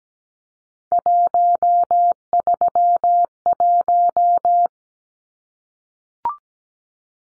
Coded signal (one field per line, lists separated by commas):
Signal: Morse code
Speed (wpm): 17 wpm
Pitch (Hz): 700 Hz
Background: none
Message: 131